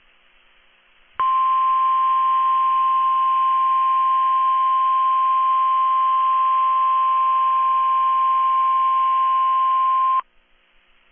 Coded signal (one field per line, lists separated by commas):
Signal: Emergency Alert System (SAME) tones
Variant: 1050 Hz attention tone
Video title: Tests, Tests are everywhere. (EAS #845-#854)